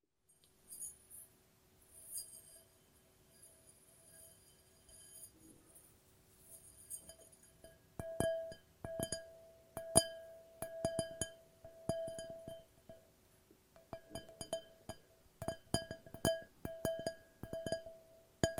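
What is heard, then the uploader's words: Glass is tapped and left ringing. The first few seconds hold only faint, high tinkles; from about eight seconds sharp, bright strikes come in irregular clusters, each leaving a clear sustained ring that hangs between taps until the end. ASMR No Talking Glass Tapping and Ringing Sounds.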